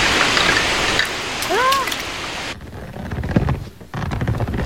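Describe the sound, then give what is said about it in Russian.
Water spills over the rim of a bathtub in a steady, hissing rush with a brief warbling tone partway through, then cuts down to a quieter, uneven trickle. “Вода переливается через край ванны.”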